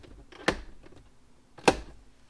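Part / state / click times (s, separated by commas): plastic switch panel into center dashboard trim / seated / 0.5 s, 1.7 s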